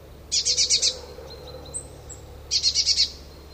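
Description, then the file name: Eurasian blue tit giving two short buzzy bursts of about five quick pulses each, two seconds apart, with faint thin whistles between. "Cyanistes caeruleus"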